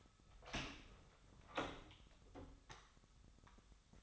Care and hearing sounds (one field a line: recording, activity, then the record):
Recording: daily activity, microphone in the room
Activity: open door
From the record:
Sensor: 3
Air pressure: 1007.1 hPa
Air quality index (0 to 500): 205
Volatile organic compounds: 18 ppm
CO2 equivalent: 2621 ppm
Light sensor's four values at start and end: 11/27/11/11 and 12/27/11/11